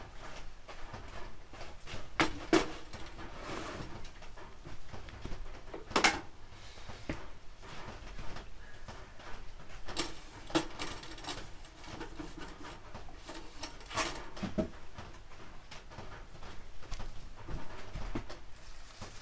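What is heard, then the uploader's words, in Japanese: Green onions are being trimmed and peeled, with a steady run of soft rustling, crinkling and small taps. Sharper brushing and snapping bursts stand out around 2, 6, 10 and 14 seconds, over a low, quiet background. 出荷日の昼下がり。収穫してきたネギの調整作業中(皮むき、葉落とし、軽量、束にする)。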